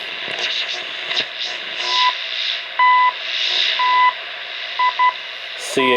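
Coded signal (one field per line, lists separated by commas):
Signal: radio time signal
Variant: CHU Canada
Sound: 1 kHz beeps, about 0.3 s each, once a second, in hissy shortwave static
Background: radio static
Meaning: Each tone pulse marks one second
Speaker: chu canada can tell by the by the beat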